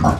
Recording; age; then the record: pig call; growing-finishing pig (85 days or more)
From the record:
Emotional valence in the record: positive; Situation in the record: run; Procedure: transit